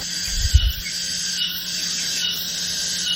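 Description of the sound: A steady, high-pitched hissing buzz runs unbroken for about three seconds, with one brief low thump near the start. It simulates tinnitus of the cicada-chirping kind, a sound perceived in the ear or head with no outside source, played somewhat exaggerated.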